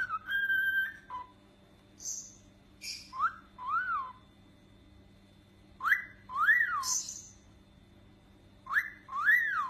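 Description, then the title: Cockatiel whistling: several arching whistles that rise and fall, mixed with harsh high chirps and a steady low hum behind. "Calopsitas Cantando Assobio"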